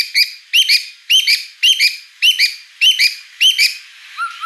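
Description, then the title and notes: White-rumped shama repeating a sharp double whistled note about twice a second, seven times, then a softer low slurred note. Lure song: vigorous singing with a rich repertoire of inserted mimicry phrases. "Pancingan Gacor Murai Batu Bongkar Isian Mewah. Murai Batu Dongfeng"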